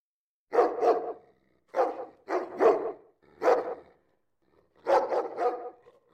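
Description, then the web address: Dogs barking in short bursts, about five clusters of one to three quick barks with brief pauses between them, no other sounds standing out. Ambient dog sounds. "FGMSounds. Small ambient dogs"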